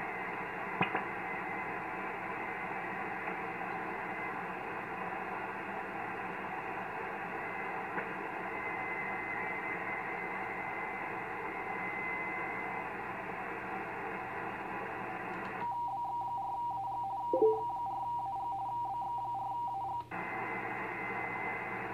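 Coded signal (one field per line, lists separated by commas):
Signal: RTTY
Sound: steady radio hiss, then about four seconds of rapid two-tone warbling teleprinter chatter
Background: radio static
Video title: VK9MT -- Mellish Reef 15M RTTY de BX4AG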